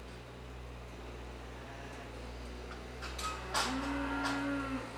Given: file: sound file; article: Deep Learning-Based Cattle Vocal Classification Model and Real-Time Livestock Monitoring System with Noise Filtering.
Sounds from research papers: cattle; normal call

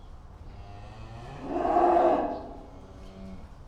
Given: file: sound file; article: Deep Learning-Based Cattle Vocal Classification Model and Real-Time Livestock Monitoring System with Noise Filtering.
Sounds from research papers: cattle; food anticipating call

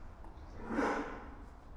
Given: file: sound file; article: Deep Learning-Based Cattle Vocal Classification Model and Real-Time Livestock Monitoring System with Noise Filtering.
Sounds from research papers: cattle; cough sound

